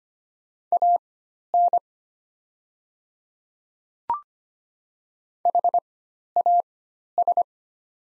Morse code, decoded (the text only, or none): AN HAS